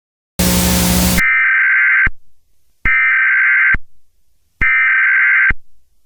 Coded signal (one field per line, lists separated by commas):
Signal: Emergency Alert System (SAME) tones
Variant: header bursts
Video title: My first eas mock: Requried Weekly Test on RB100 TV